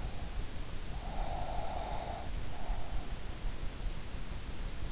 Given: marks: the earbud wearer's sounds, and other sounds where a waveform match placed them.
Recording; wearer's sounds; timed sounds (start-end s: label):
sounds in sleep by an in-ear microphone; breath
1.05-3.06 s: breath